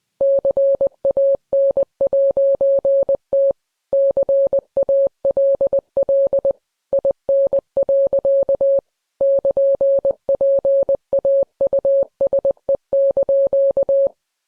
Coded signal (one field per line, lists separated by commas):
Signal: Morse code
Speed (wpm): 20 wpm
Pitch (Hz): 550 Hz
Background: none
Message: CAN'T CALL IN. <KN>PAUSE)